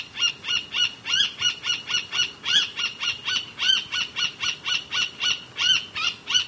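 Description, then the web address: Roadside hawk giving a quick, slightly uneven run of arched nasal notes, about three to four each second, continuing throughout over hiss. Ecuador. "Natures Songs S America Birds of Ecuador. Roadside Hawk"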